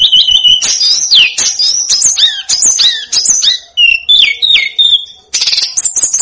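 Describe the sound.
Snowy-browed flycatcher song: repeated down-slurred whistles and bright chirps, a steady whistled note, then a final high buzzy phrase.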